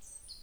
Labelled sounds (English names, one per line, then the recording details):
Stitchbird song
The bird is a male
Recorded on Tiritiri Matangi Island, New Zealand, in 2005
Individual 4, of nest box 4